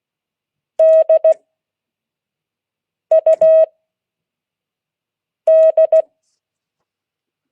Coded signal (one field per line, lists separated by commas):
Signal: Morse code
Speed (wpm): 16 wpm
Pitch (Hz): 640 Hz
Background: none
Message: DUD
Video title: Monday 2022-08-08 Morse code class